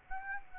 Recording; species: mosquito wingbeat signal from an infrared sensor; Aedes aegypti